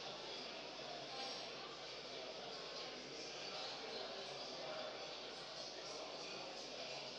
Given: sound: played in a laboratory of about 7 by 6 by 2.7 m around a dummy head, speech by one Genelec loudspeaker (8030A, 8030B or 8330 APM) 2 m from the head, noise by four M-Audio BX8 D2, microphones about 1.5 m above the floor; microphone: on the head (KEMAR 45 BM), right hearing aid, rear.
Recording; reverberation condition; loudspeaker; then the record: cafeteria noise; high; four, about 170 cm from the corners of the room and facing them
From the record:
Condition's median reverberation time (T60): about 1300 ms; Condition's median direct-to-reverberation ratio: about -4.0 dB